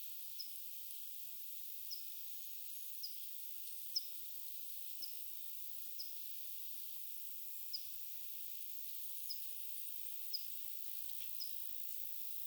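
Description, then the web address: Pipit calling steadily: about a dozen short, high, sharp notes roughly one per second, set against continuous soft hiss. Recorded 25 July 2026; the recordist wonders whether it is the same pipit species as the one heard the day before. "paivat 25 7 2026 onko sama kirvislaji kuin mika oli eilen"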